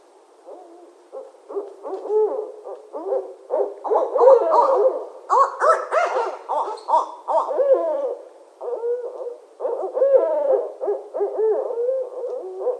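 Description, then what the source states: Barred owls in a frenzied bout of overlapping hoots, cackles and wavering squeals, rising and falling in loudness for over twelve seconds. Recorded 13 January 2012.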